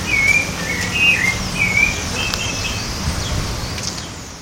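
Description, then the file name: Rufous-bellied thrush whistling several brief bright notes with slight up-and-down inflections, spaced unevenly, against a low background rumble. Recorded in Moinhos de Vento park, Porto Alegre, Brazil. "Turdus-rufiventris-Pq Moinhosde Vento POA-BR. ASilveira"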